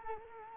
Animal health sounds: mosquito wingbeat signal from an infrared sensor; Culex quinquefasciatus

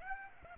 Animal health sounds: mosquito wingbeat signal from an infrared sensor; Aedes aegypti

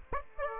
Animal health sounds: mosquito wingbeat signal from an infrared sensor; Aedes aegypti

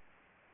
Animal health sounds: mosquito wingbeat signal from an infrared sensor; Anopheles gambiae

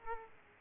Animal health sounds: mosquito wingbeat signal from an infrared sensor; Aedes aegypti

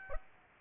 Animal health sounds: mosquito wingbeat signal from an infrared sensor; Aedes aegypti

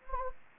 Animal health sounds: mosquito wingbeat signal from an infrared sensor; Anopheles gambiae

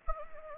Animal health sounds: mosquito wingbeat signal from an infrared sensor; Anopheles gambiae

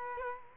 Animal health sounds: mosquito wingbeat signal from an infrared sensor; Culex quinquefasciatus

